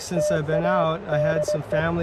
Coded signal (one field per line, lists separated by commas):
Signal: Morse code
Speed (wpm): 20 wpm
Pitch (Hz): 600 Hz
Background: speech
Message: TA DE